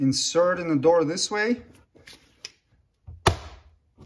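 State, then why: Seated. On a 2021-2024 Toyota Sienna Hybrid, the plastic front door courtesy light housing is inserted into the door trim panel while someone talks. A few faint taps follow, then a sharp click at 3.3 s as the housing clips in and seats.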